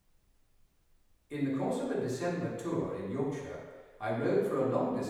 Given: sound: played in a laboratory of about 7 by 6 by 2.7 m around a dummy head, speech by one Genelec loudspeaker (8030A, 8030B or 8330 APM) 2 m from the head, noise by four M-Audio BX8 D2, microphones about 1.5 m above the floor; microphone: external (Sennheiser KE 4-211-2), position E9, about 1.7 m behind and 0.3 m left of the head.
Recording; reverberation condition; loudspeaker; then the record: male speech in English; high; 60 degrees to the left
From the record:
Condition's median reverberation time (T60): about 1300 ms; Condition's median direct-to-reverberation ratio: about -4.0 dB